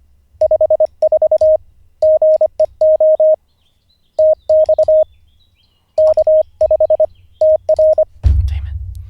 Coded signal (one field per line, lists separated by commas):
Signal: Morse code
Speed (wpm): 25 wpm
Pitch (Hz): 620 Hz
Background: none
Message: 54 GEO TX K5TR